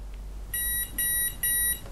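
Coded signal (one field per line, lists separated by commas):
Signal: beep code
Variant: Hobbywing ESC programming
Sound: three even beeps of about 0.3 seconds each, high-pitched, in a quiet room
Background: quiet room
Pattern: 3 short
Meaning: Third programming menu item: cut-off mode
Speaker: so that was three beeps so I move it down then is going to give me the choices for cut off mode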